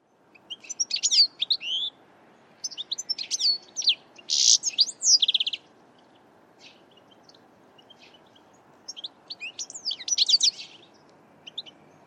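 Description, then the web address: Bird uttering high, quick chattering chirps in short clusters, with a quiet gap in the middle before another burst of twittering notes near the end. "Deverinetal 2025 File origin Bird Only"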